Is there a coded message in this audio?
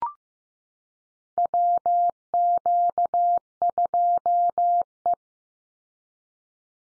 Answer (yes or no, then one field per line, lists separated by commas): yes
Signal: Morse code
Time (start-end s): 1.4-5.1 s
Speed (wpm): 15 wpm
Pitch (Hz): 700 Hz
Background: none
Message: WQ2E